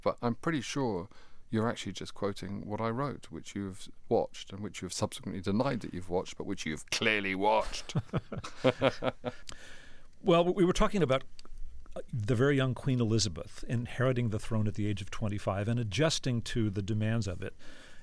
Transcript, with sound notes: But I'm pretty sure you're actually just quoting what I wrote, which you have watched and which you've subsequently denied that you've watched but which you've clearly watched.
(LAUGHTER)
Well, what we were talking about - the very young Queen Elizabeth inheriting the throne at the age of 25 and adjusting to the demands of it.